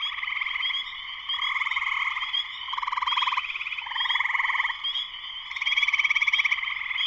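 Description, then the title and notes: Spring peeper chorus of overlapping high peeps forming a steady whine, with throbbing trills that come and go in rhythmic swells. Full chorus shortly after sunset, Sleeping Bear Dunes National Lakeshore, northern Michigan, USA. "Spring peepers (chorus frogs) in concert. Spring peepers (chorus frogs) in full chorus shortly after sunset in the Sleeping Bear Dunes National Lakeshore in northern Michigan, USA. Recorded by Darrin Wassom. Part of the Music for Sleep project"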